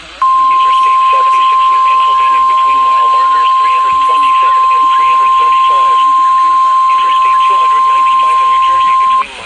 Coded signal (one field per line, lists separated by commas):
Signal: Emergency Alert System (SAME) tones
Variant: 1050 Hz attention tone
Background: speech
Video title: Good Morning, Have a warning. (EAS#340-345)